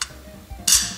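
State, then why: Seated. A small locking dial on the back of a round plastic knitting-loom tool is turned to close it, giving a sharp, bright click at 0.7 s. A faint tick comes near the start. The click confirms the lock is shut and the pegs are held in place so they will not slide back in.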